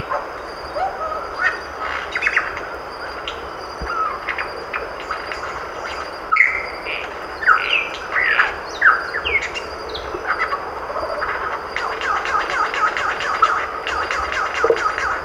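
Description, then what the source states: Lyrebird song of varied loud whistles, sweeping notes and sharp clicks, densest midway, over a constant high insect drone. Recorded 19 January 2012.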